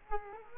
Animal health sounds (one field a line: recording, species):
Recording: mosquito wingbeat signal from an infrared sensor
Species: Culex quinquefasciatus